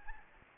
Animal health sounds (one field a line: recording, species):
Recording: mosquito wingbeat signal from an infrared sensor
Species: Anopheles gambiae